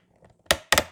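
An LED video light head is tilted further on its mounting yoke, and the tilt bracket's ratchet clicks into its stepped detents. Two sharp clicks land at 0.5 s and 0.7 s, with a softer tick just after and another near the end. The bracket locks firmly into each step.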